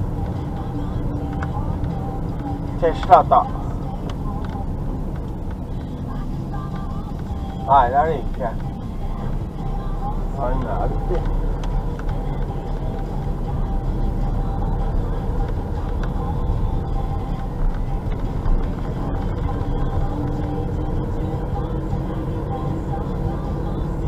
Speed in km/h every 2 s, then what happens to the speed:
32, 30, 28, 27, 27, 28, 28, 29, 29, 33, 36, 38.
0-16 steady at about 28. 16-24 speeds up to 38.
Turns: none.